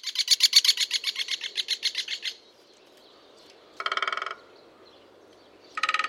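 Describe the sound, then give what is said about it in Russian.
A common kestrel gives a fast series of sharp, high kee-kee notes for about two seconds, followed by two shorter, harsher bursts after brief pauses. “Обыкновенная пустельга питается в основном всякими грызунами, полевками, мышами, землеройками.”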